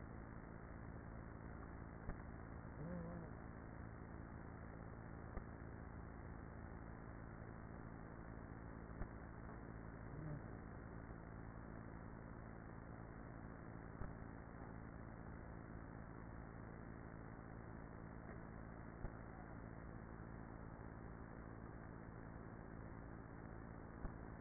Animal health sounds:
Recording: honeybee colony, microphone inside the hive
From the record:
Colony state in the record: queenless with a low population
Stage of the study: after two queens were removed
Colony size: about 30,000 bees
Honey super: no

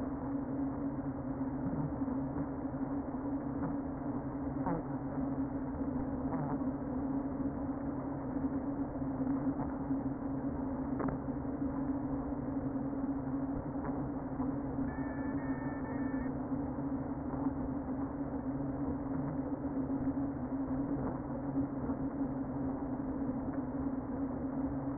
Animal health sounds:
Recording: honeybee colony, microphone inside the hive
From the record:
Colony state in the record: queen present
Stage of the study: before two queens were removed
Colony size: about 60,000 bees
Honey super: yes

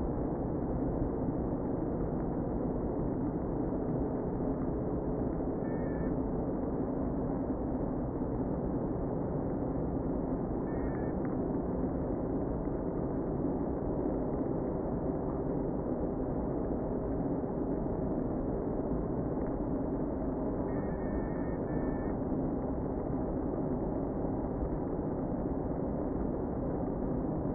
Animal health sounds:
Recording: honeybee colony, microphone inside the hive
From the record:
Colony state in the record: queen present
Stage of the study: before two queens were removed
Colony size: about 60,000 bees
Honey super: yes

